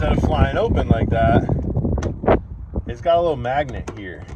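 Someone talks while handling the hinged flap on an exterior bathroom fan vent hood, which has a small magnet and a small piece of metal meant to catch the flap so it won't flap in the wind. A few brief taps are heard between the speech around 1.7 to 2.3 seconds. The clip ends before the flap is closed onto its magnetic catch, so nothing has seated or clicked yet.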